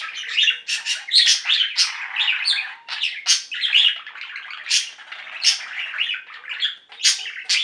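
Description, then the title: Budgerigar warbling steadily, a dense mix of scratchy chirps, clicks and sharp high squeaks running almost without pause through the whole stretch. "Budgie Sounds"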